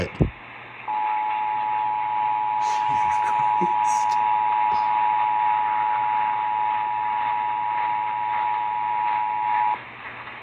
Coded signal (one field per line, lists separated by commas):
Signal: Emergency Alert System (SAME) tones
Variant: 853 and 960 Hz attention tone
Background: speech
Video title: Capital District Monthly Test (10/6/20) (EAS 3988)